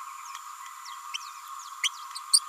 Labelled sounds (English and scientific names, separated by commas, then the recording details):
Green-rumped Parrotlet (Forpus passerinus) babbling
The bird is a female
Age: 29 days
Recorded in a nest box in Venezuela
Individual 17B31A3